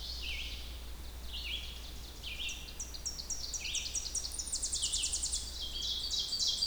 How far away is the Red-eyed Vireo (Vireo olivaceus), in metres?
about 25 m